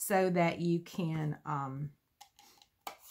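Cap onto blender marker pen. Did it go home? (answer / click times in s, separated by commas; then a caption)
yes / 2.9 s. Someone talks, then a cap is pushed back onto a blender marker pen so it seals and the pen does not dry out. A few small handling sounds lead up to a sharp click at 2.9 s as the cap snaps shut and seats.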